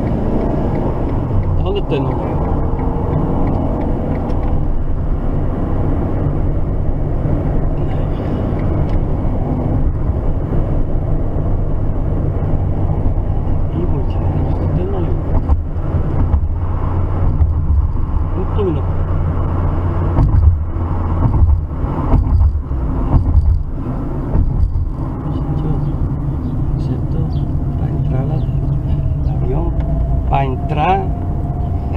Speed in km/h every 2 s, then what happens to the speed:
53, 57, 61, 61, 66, 60, 59, 56, 59, 58, 52, 37, 26, 25, 25, 26.
0-8 speeds up to 66. 8-13 slows to 56. 13-18 steady at about 58. 18-24 brakes to 26. 24-32 steady at about 25.